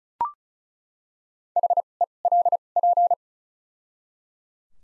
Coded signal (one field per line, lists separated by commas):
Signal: Morse code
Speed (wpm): 34 wpm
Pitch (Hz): 700 Hz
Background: none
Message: H E L P